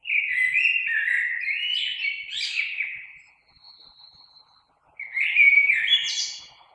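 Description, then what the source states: Common blackbird song: a long fluting warble around mid pitch ending in a squeaky high twitter, then a second phrase after a short pause. Recorded on 3 March 2020.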